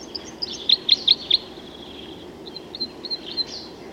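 Crossbill giving four quick notes in a row, followed by softer scattered chips over faint background hiss.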